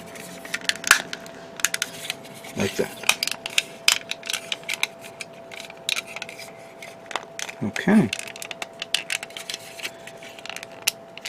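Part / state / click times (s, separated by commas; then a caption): plastic snap-fit part into a scale model ship hull / seated / 10.9 s. A plastic part from a 1/1000 scale battleship model kit is handled with many small plastic ticks and clicks, then pressed onto the hull until it snaps into place at 10.9 s. Someone talks briefly, and a faint steady tone runs underneath throughout.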